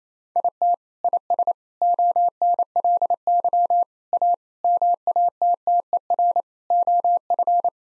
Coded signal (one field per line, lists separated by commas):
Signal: Morse code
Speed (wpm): 27 wpm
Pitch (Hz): 700 Hz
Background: none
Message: IT IS ONLY A MATTER OF